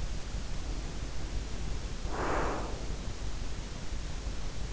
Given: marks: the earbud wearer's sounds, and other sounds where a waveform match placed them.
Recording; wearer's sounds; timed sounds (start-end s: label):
sounds in sleep by an in-ear microphone; breath
0.58-3.15 s: breath